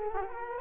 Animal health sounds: mosquito wingbeat signal from an infrared sensor; Culex quinquefasciatus

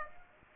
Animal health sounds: mosquito wingbeat signal from an infrared sensor; Aedes aegypti

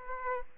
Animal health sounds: mosquito wingbeat signal from an infrared sensor; Aedes aegypti

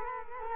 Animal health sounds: mosquito wingbeat signal from an infrared sensor; Culex quinquefasciatus

